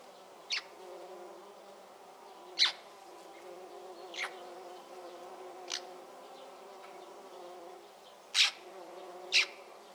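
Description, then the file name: Eurasian magpie uttering six brief, rasping chack notes spaced unevenly, a pair close together near the end, with a constant low hum beneath. "Pica pica"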